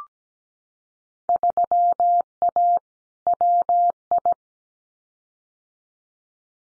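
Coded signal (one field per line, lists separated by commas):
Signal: Morse code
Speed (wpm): 17 wpm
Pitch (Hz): 700 Hz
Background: none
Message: 3A WI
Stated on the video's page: Field Day contest exchanges sent at 17 wpm as a head-copy drill, each sent in Morse, then spoken, then sent again.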